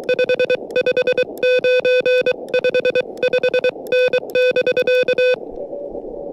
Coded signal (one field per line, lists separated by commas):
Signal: Morse code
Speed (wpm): 23 wpm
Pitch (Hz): 500 Hz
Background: music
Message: 5 5 9 5 5N <BK>